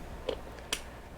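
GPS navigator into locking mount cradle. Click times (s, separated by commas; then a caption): 0.3 s, 0.7 s. A Garmin Zumo XT motorcycle GPS unit is pushed back onto its locking mounting plate cradle, giving two short, sharp clicks at 0.3 s and 0.7 s, the second louder and brighter. The unit snaps into place and is seated in the mount.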